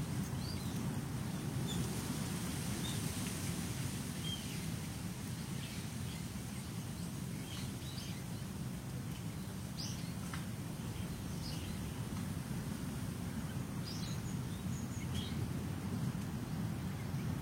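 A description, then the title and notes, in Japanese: Wind blows through trees, making a steady, dense, low rushing roar that holds an even level for the whole clip. Faint, brief bird chirps come through now and then above it, a little more often in the second half. とある風のある落ち葉の中。風に吹かれる木々たち。風防がなかったから落ち葉の中にマイクを埋めてみましたがどうでしょう。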